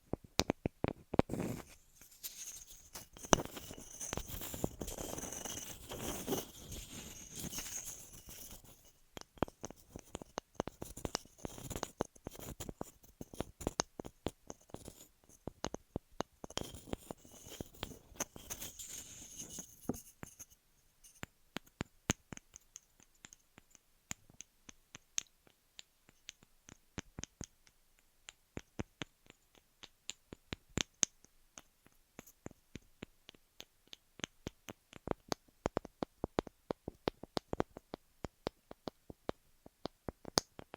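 Ear massage and cleaning sounds: dense rubbing and rustling fill the first twenty seconds, brightest and busiest around five to eight seconds and again near nineteen. After that it thins to sparse, sharp clicks and taps scattered irregularly over a quiet background.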